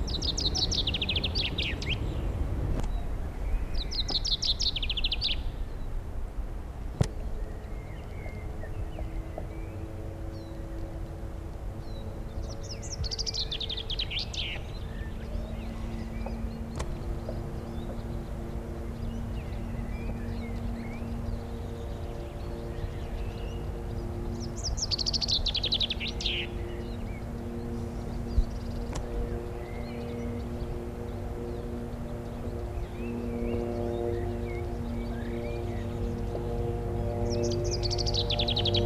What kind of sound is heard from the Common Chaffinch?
song